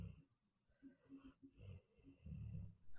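Low, rumbling snorts come in short bursts a second or so apart, with quieter gaps between them. A sleeping dog is snoring, a rough, fluttering sound from the relaxed airway, having started to snore very quickly after dozing off.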